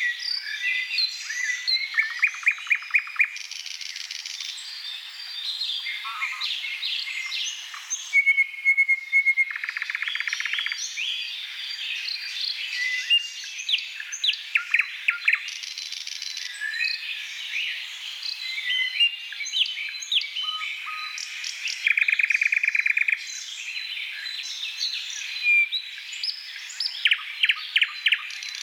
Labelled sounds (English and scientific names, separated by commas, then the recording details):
Thrush Nightingale (Luscinia luscinia) song
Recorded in the wild
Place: Selenter See, Schleswig-Holstein, DE
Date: 1982-06-02
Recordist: Schwarz, Dieter